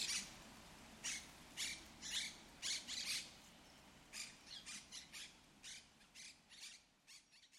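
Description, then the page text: Monk parakeet harsh squawks in a steady series, spaced about half a second apart, growing quieter toward the end. Urban population in El Retiro park, Madrid, Spain, which holds Europe's largest monk parakeet population. "Cities and Memory - remixing the world. Monk parakeets in Madrid. Madrid has the greatest population of Monk Parakeets in Europe, many of whom can be seen and heard in the El Retiro park"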